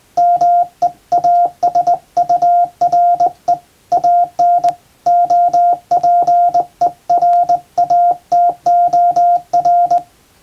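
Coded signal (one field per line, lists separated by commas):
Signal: Morse code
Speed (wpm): 20 wpm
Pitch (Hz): 700 Hz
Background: none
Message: MEASURE AN OPERATOR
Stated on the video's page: Morse practice sending international-alphabet telegrams on a JRC KY-3A professional straight key formerly used on ship stations.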